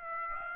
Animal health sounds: mosquito wingbeat signal from an infrared sensor; Aedes aegypti

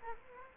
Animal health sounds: mosquito wingbeat signal from an infrared sensor; Culex quinquefasciatus

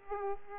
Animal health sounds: mosquito wingbeat signal from an infrared sensor; Aedes aegypti

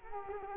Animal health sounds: mosquito wingbeat signal from an infrared sensor; Culex quinquefasciatus

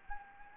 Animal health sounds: mosquito wingbeat signal from an infrared sensor; Anopheles gambiae

